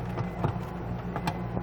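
A plastic lamp socket is handled and pushed toward its mounting in a refrigerator's interior light housing, with short handling knocks near 0.5 s, 1.2 s and 1.3 s over a steady low hum. Nothing has seated or clicked yet.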